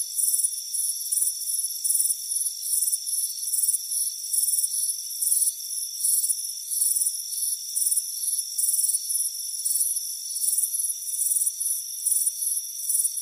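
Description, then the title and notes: Crickets chirping continuously, high pulsed trills arriving in quick uneven bursts above a constant shrill ringing background. Crickets chirping on a warm afternoon, front porch. "Soothing Crickets Chirping Sound. It's a warm afternoon as you relax in a hammock on the front porch. Relax and fall asleep to the soothing sound of chirping crickets. Deep Sleep Sounds"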